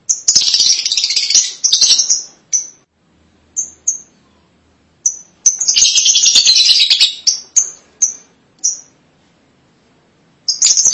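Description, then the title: Lovebird alternating dense scratchy chatter with sharp high chirps and quiet pauses between. "BM Suara Burung Lovebird"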